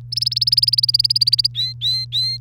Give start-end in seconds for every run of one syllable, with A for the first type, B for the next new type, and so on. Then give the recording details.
0.12-1.47 A, 1.54-2.41 B. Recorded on 3 May 2018 at 06:26. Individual llb3